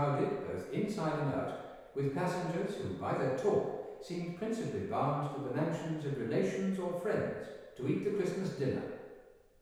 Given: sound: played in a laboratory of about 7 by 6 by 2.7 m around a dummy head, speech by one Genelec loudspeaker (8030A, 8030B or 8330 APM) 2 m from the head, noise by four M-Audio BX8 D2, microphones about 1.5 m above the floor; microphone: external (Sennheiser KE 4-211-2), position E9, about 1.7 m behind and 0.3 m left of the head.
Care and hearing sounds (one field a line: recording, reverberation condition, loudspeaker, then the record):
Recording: male speech in English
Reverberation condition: high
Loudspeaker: 90 degrees to the left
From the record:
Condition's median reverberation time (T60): about 1300 ms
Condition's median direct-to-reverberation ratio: about -4.0 dB